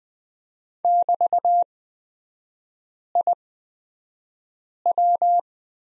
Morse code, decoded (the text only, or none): <BT>IW